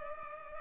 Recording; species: mosquito wingbeat signal from an infrared sensor; Culex pipiens